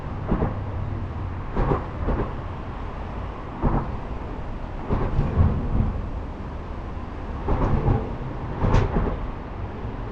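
Traffic rolls over the expansion gaps of an elevated motorway bridge, each passing vehicle marked by a sharp thump or double clunk at irregular intervals, around 0.3, 1.7, 3.7, 5.2, 7.7 and 8.8 seconds. A steady, heavy low rumble of traffic fills the gaps between impacts.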